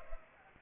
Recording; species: mosquito wingbeat signal from an infrared sensor; Culex pipiens